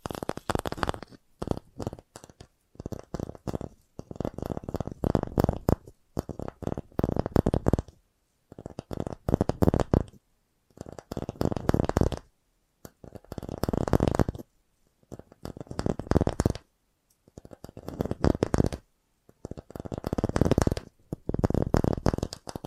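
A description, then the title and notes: Fast tapping comes in short, dense bursts, each lasting about a second, with brief silences between them. The bursts repeat roughly every one and a half to two seconds through the whole clip, each a rapid, rattling flurry of strikes with a full, low-reaching thud. FAST TAPPING (No Talking).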